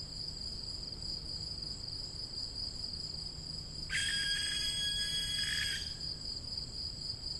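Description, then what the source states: Young barn owl making a drawn-out, harsh hissing screech near the middle, nearly two seconds long, against a steady high whine in the background. Young birds.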